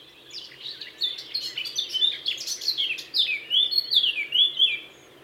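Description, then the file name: Eurasian blackcap song, a quick chattering warble leading into rich, clear fluting whistles toward the end of the phrase. "Sylvia atricapilla"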